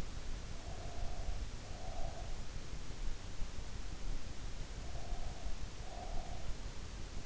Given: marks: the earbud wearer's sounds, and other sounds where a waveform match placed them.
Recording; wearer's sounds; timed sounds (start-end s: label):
sounds in sleep by an in-ear microphone; breath
0.40-2.60 s: breath
4.80-6.61 s: breath